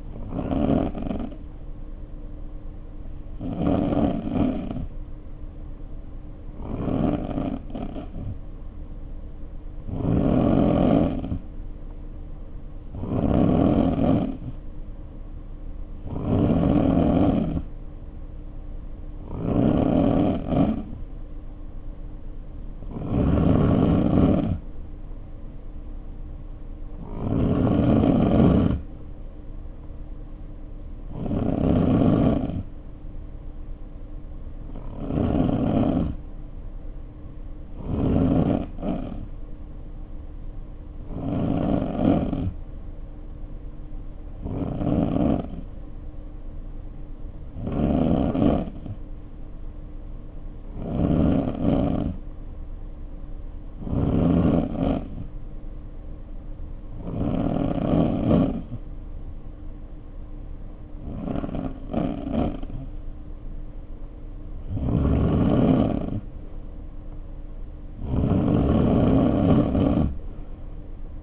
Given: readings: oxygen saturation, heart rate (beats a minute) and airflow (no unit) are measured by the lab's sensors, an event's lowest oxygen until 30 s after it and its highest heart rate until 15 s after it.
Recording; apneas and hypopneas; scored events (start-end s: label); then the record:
breathing in sleep by a smartphone at the bedside; 1
47.00-71.22 s: new sleep stage, N2 (light sleep)
56.00-67.10 s: hypopnea (N2, oxygen 93% highest, then 91% lowest, heart rate 55 at the start, 60 highest)
From the record:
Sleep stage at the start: N3 (deep sleep); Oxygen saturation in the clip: 89 to 93%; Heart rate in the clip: 53 to 60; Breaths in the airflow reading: 22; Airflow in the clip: -3.5 to 2.7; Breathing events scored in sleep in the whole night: 520 in 7.2 hours asleep